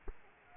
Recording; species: mosquito wingbeat signal from an infrared sensor; Culex quinquefasciatus